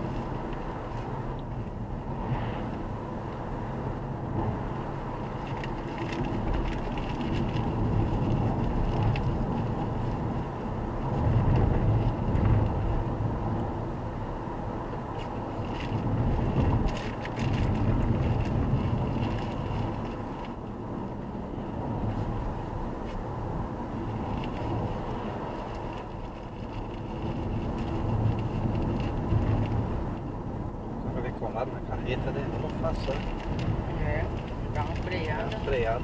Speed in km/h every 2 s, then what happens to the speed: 77, 79, 80, 77, 79, 80, 83, 84, 81, 80, 77, 76, 76, 74, 71, 69, 67, 68.
0-15 steady at about 79. 15-32 slows to 67.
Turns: none.